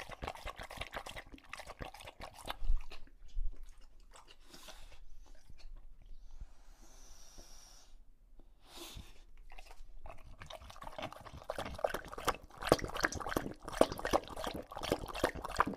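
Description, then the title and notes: English Bulldog lapping water in wet, irregular splashes, then a quieter stretch before the rapid lapping resumes. Male English Bulldog named Lucho drinking from a water bowl after a long walk, breathing heavily between drinks, out of breath from the walk and long drinking. "English Bulldog Drinks from Water Bowl. listen to Lucho the English Bulldog as he tries to drink water after a long walk. Don't let his heavy breathing fool you in between drinks, he's equally out of breath from the walk"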